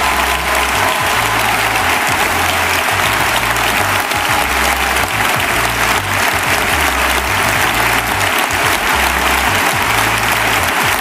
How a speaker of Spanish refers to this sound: Los aplausos para Pedro Sánchez en el Congreso del Partido Socialista